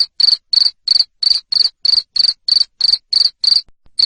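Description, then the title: Cricket chirps, shrill pulsed bursts about three per second, briefly pausing near the end before resuming. Loud cricket chirping used to stimulate lovebirds to keep singing. "Suara JANGKRIK NGERIK Keras Bikin LOVEBIRD Jadi NGEKEK Terus Vubey"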